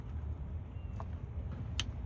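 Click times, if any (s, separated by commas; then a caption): 1.8 s. The plastic electrical connector of a DSX flex fuel kit adapter is pushed onto the number eight ignition coil of a 5th Gen Camaro SS. Over a steady low rumble, a faint tick comes at 1.0 s, then a sharp, bright snap at 1.8 s. The snap confirms the connector is seated on the coil.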